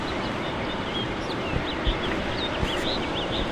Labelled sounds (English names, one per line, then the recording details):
House Finch song
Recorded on Long Island, New York, on 21 March 2012
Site FL
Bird D